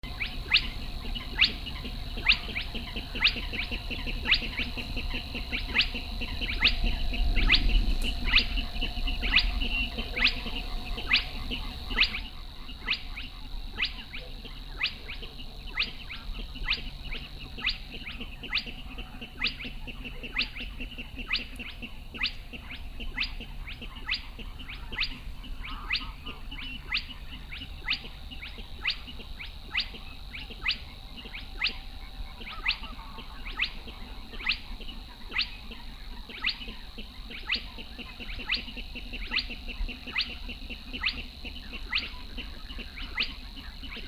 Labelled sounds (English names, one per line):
Spotted Crake